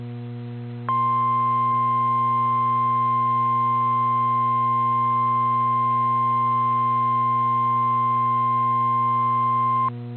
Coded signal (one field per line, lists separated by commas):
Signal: Emergency Alert System (SAME) tones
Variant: 1050 Hz attention tone